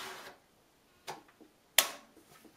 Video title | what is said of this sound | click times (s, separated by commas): The Build - PC Build 2014 | And that clicked into place. | 1.8 s